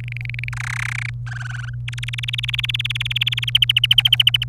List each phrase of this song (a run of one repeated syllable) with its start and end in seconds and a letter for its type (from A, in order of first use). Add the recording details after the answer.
0.01-0.49 A, 0.53-1.10 B, 1.26-1.70 C, 1.88-3.50 D, 3.55-4.44 E. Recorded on 27 April 2018 at 15:43. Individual llb3